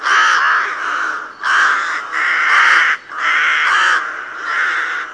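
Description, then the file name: Crow giving a run of long, hoarse, rasping caws following one another almost without pause. "Corvo"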